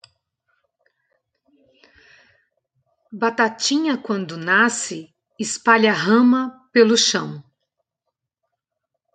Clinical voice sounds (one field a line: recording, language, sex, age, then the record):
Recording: short text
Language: Brazilian Portuguese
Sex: female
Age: 50 to 59 years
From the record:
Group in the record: control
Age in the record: 52 years